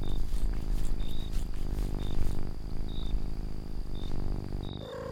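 Domestic cat purr, loud and rumbling through regular breathing cycles, faint high chirps at intervals, ending with a brief different sound.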